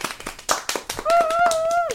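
A short burst of irregular hand claps, a few people applauding for about a second, followed by a steady, slightly wavering high tone that holds until the end.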